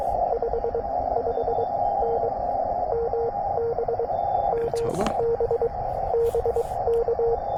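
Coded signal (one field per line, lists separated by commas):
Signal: Morse code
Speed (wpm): 23 wpm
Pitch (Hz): 470 Hz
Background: radio noise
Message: 55N MB MB BK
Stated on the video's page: CW Parks On The Air activation at 100 W using an FT-891, WRC antenna and Begali Expedition key, under great band conditions.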